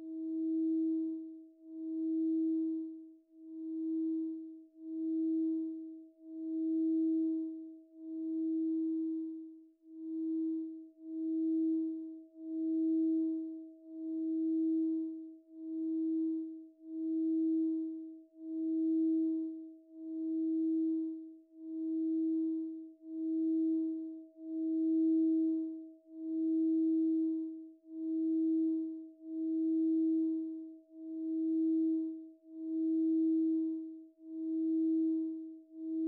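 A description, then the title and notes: Tibetan singing bowls hum a steady low-mid tone that swells and fades in a regular pulse, roughly every second and a half, for the whole stretch. A fainter higher ring holds constant above it, with a soft shimmer higher still. 7 Chakra Continuous Meditation with 21 Antique Tibetan Singing Bowls.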